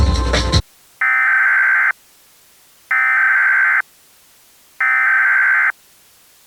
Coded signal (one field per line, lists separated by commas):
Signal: Emergency Alert System (SAME) tones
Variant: header bursts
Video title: (EAS Scenario) Shadowed Romance Part 1: Under Nightmare's Spell